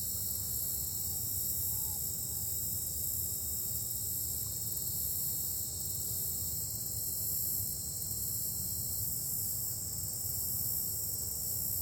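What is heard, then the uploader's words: Forest trail ambience dominated by a steady, high, unbroken insect chorus that never lets up. Underneath runs a low, rumbling wash, and the level stays even throughout, with no distinct events standing out. Nature Forest Trail. The water and nature sounds.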